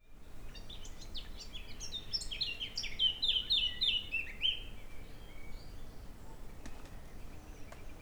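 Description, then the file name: Eurasian blackcap delivering a fast, chattering warble that builds into loud, clear, fluted whistles, then fades; a few faint clicks follow amid low background noise. "Sylvia atricapilla"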